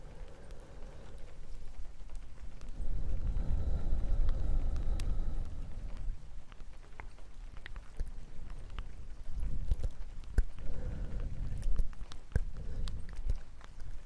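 Soft, irregular tapping runs through the whole stretch, with sharp ticks scattered every second or so. Low, breathy rumbles swell up around three to six seconds and again near ten to twelve. A faint steady hiss sits underneath, like light rain.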